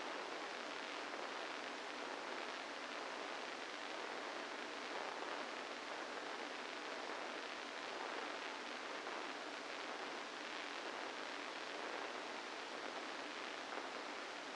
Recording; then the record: brain microelectrode recording played as sound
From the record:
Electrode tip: inside the subthalamic nucleus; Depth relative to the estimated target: -1 mm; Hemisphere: left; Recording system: NeuroSet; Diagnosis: Parkinson's disease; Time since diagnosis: 8 years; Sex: male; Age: 65 years